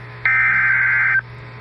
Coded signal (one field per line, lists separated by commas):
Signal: Emergency Alert System (SAME) tones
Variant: header bursts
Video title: Eas Fwd svr on KEC55 Eas#1962